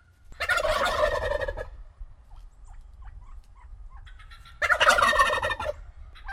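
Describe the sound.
Turkey gobbling: two loud, rapid, rattling bursts, each lasting about a second, separated by a few seconds of quiet with low background rumble.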